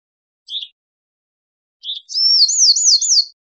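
Bewick's wren song: two short buzzy introductory notes, then a clear high trill of rapidly rising and falling slurred notes repeated about four times per second.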